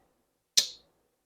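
The blade of a Fox Nauta slip-joint pocket knife with a half stop, which has thick blade stock, is worked until it snaps into its detent against the backspring. A single sharp, bright snap lands at 0.6 s and fades quickly in near silence. The blade is seated firmly with a good snap.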